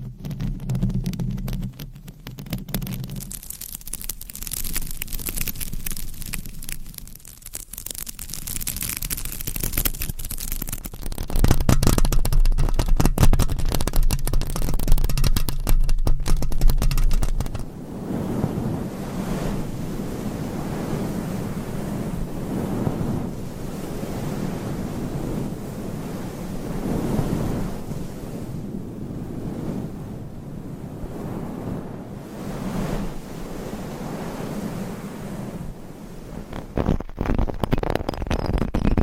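Nails scratch across a covered mic in a dense, rough rush, brighter and harsher in the first half, then softer and lower with steady rubbing.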